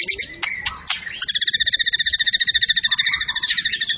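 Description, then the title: White-rumped shama song: varied sharp whistles and chirps, then a fast rhythmic rattling trill of repeated notes for nearly three seconds. Lure recording of a gacor, energetic white-rumped shama (murai batu) singing its full repertoire, meant to stir up other birds. "PANCINGAN MURAI BATU. MURAI GACOR SUPER EDAN SEMUA MATERI DI KELUARIN COCOK BUAT DONGKRAK EMOSI. SHAMA BIRD"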